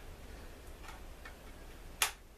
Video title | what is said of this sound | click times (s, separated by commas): Assembler son PC - Version 2 | Et quand on entend un petit clic, ça veut dire que les petits crochets blancs sur le côté sont clipsés dans la barrette mémoire et que celle-ci est montée. | 2.0 s